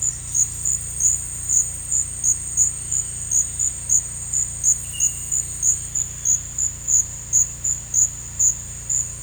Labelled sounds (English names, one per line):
none